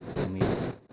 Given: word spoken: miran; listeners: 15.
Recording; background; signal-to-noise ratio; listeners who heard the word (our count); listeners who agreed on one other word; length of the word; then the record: one Spanish word in noise, from a listening test; noise modulated by one talker; -8.6 dB; 0 of 15; 7 of 15; 0.54 s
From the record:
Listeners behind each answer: 7, 2, 1, 1, 1, 1, 1, 1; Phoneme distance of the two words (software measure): 31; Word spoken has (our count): 2 syllables, 5 phonemes, stress on syllable 1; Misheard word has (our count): 3 syllables, 6 phonemes, stress on syllable 2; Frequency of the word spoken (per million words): 16.60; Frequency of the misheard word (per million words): 65.39